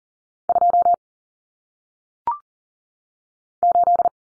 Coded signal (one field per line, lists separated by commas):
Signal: Morse code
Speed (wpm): 40 wpm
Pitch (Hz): 700 Hz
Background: none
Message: 2 8